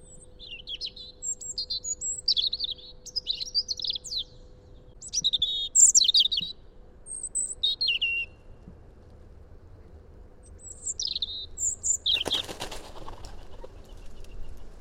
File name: Erithacus rubecula